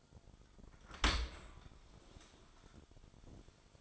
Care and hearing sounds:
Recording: daily activity, microphone in the room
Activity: open dishwasher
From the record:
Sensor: 5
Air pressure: 1003.2 hPa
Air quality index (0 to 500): 134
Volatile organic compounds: 2 ppm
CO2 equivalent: 980 ppm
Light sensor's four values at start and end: 82/200/82/94 and 75/183/76/86

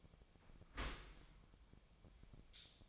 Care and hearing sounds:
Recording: daily activity, microphone in the room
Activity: open dishwasher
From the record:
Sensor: 1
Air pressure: 1006.8 hPa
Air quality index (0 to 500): 207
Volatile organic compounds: 23 ppm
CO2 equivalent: 2792 ppm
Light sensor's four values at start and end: 12/32/12/14 and 12/32/12/14

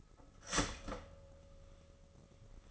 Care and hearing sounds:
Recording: daily activity, microphone in the room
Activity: start toaster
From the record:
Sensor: 4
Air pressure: 996.0 hPa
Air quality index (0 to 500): 67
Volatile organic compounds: 2 ppm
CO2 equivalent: 1219 ppm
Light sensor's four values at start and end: 12/29/12/12 and 12/28/11/12

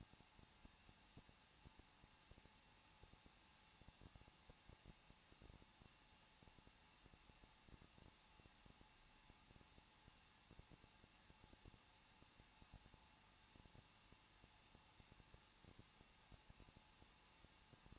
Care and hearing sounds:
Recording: daily activity, microphone in the room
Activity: no activity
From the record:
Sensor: 1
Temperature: 20.1 degrees Celsius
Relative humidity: 39.1%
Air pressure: 1006.3 hPa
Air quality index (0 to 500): 217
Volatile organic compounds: 75 ppm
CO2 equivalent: 3562 ppm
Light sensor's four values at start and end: 1/2/1/1 and 1/2/1/1

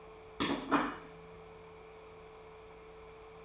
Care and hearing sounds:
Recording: daily activity, microphone in the room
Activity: place plate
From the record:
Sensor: 1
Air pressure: 1015.1 hPa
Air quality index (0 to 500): 199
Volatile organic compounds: 24 ppm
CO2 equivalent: 2822 ppm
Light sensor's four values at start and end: 11/26/10/12 and 11/26/11/12

